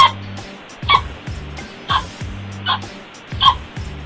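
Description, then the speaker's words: Common pheasant calls: several short harsh bursts over a low steady hum. Male's very distinctive song, played as a recording so listeners can recognise it in the wild. "Alors on le reconnaît bien le mâle avec un chant très particulier."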